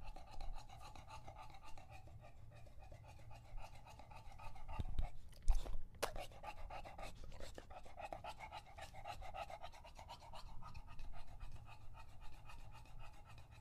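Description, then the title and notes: English Bulldog panting in fast, rough breaths, broken briefly by a couple of sharp knocks midway before the panting resumes. Male English Bulldog named Lucho drinking water from a bowl after a long walk, breathing heavily between drinks, out of breath from the walk and from drinking so long. "English Bulldog Drinks from Water Bowl - Weird Sounds. listen to Lucho the English Bulldog as he tries to drink water after a long walk. Don't let his heavy breathing fool you in between drinks, he's equally out of breath from the walk"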